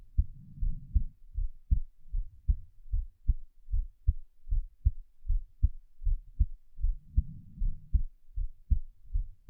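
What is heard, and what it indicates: A mother's heartbeat in a roleplay, with whispering over the start. Normal heart sounds.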